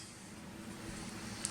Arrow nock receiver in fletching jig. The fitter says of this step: So now you turn it till it clicks.